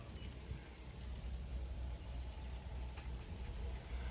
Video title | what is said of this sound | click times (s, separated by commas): We Are Back Home/EcoFlow New Firmware Update/New Keyless Entry Door Lock | I didn't hear it lock. | none